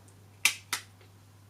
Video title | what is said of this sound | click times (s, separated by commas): Danessa Myricks Beauty Lightwork Volume VI Freedom Palette - swatches and first impressions | two nice satisfying click there | 0.4 s, 0.7 s